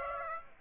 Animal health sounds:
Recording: mosquito wingbeat signal from an infrared sensor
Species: Aedes aegypti

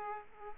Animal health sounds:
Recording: mosquito wingbeat signal from an infrared sensor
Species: Aedes aegypti

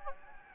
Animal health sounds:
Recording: mosquito wingbeat signal from an infrared sensor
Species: Anopheles gambiae

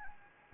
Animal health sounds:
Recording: mosquito wingbeat signal from an infrared sensor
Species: Anopheles gambiae

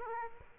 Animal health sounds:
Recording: mosquito wingbeat signal from an infrared sensor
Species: Aedes aegypti

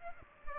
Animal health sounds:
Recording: mosquito wingbeat signal from an infrared sensor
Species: Aedes aegypti

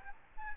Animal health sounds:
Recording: mosquito wingbeat signal from an infrared sensor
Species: Aedes albopictus

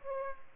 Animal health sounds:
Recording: mosquito wingbeat signal from an infrared sensor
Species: Aedes aegypti

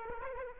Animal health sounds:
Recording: mosquito wingbeat signal from an infrared sensor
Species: Aedes aegypti

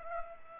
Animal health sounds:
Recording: mosquito wingbeat signal from an infrared sensor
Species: Aedes aegypti

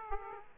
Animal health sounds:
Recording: mosquito wingbeat signal from an infrared sensor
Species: Aedes aegypti

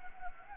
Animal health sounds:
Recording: mosquito wingbeat signal from an infrared sensor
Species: Anopheles gambiae

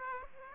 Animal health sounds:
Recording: mosquito wingbeat signal from an infrared sensor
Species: Aedes aegypti

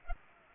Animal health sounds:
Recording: mosquito wingbeat signal from an infrared sensor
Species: Culex pipiens

